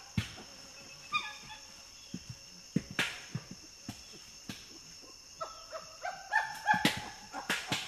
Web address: common chimpanzee